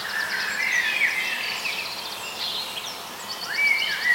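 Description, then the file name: Bird calls: warbling notes and slurred whistles mixed with fast repeated high ticks. "voegel"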